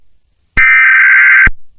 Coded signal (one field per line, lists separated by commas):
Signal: Emergency Alert System (SAME) tones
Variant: header bursts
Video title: EAS For Emojipocolpse (1)